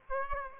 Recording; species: mosquito wingbeat signal from an infrared sensor; Aedes aegypti